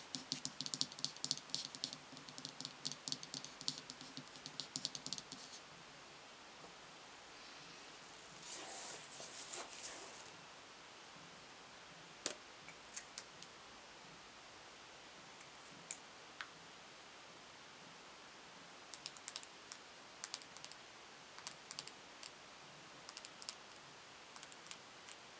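Quick tapping and crinkling, dense for the first five seconds, a rustling crumple near nine seconds, then scattered sharp taps over a soft hiss.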